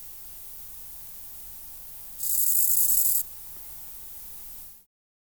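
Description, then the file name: Grasshopper song: a single dry, hissing burst of rasping stridulation lasting about one second, high-pitched and steady, over faint background hiss. "Chorthippus"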